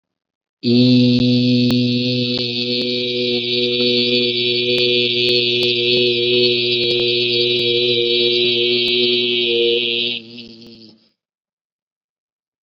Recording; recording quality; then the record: sustained vowel as in beet; excellent, no background noise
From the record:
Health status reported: COVID-19 positive, mild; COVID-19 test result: positive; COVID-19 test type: rapid antigen test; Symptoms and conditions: cough, cold, fever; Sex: male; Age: 23 years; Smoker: no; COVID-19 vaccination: both doses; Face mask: worn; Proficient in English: yes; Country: India